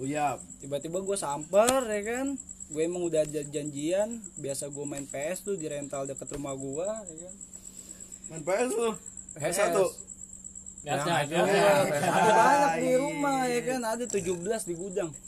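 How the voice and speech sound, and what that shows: An adult man tells a casual story in fluent, ordinary Indonesian, with a steady high whine and low hum behind.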